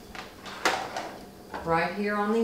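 A power cord plug is pushed into the socket on a Brother 1034DX serger and seats with a single sharp click at 0.7 s. Someone talks toward the end.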